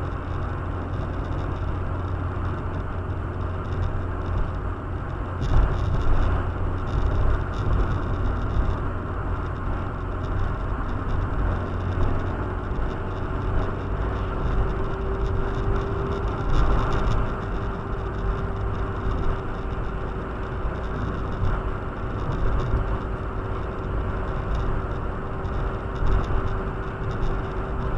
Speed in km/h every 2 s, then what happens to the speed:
83, 84, 84, 84, 84, 84, 86, 91, 95, 93, 91, 90, 92, 91.
0-11 steady at about 84. 11-15 speeds up to 95. 15-28 steady at about 91.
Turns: none.